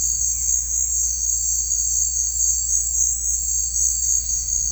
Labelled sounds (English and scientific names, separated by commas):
none